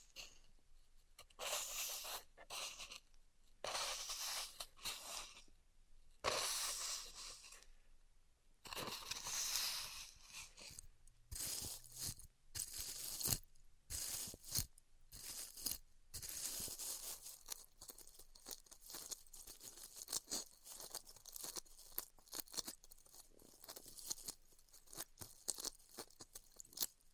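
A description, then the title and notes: Styrofoam is worked in a close, quiet room with dry, crackly crunching and scraping. Bursts of bright, gritty rasping come in uneven strokes through the first half, then give way to quicker, sparser crackles and soft squeaks toward the end. ASMR Styrofoam Heat Cutting (No Talking).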